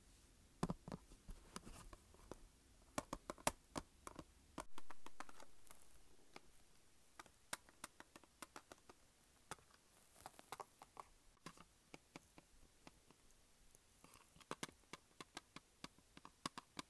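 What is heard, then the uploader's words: Dry tapping on a makeup palette, sharp clicks landing irregularly and sometimes in quick clusters. Soft scratching fills some gaps, and just before the five-second mark a louder knock rings out briefly before fading. Tapping and scratching makeup pallet.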